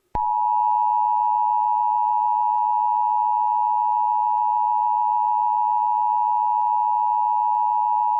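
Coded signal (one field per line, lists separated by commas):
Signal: Emergency Alert System (SAME) tones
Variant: 853 and 960 Hz attention tone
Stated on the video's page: Fictional EAS scenario recreation.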